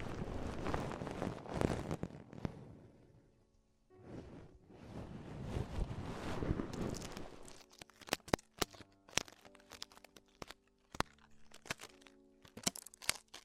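Ear-focused tingly sounds: two long stretches of dense, rustling crunching fill the first eight seconds, with a short pause near four seconds. After that come sharp, sparse clicks and crackles at irregular moments over a quiet background until the end.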